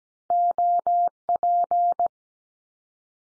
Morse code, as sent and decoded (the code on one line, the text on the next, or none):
--- .--.
OP